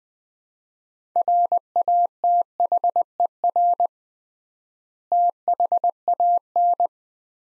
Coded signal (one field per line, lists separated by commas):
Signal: Morse code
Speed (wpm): 20 wpm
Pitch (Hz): 700 Hz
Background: none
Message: RATHER THAN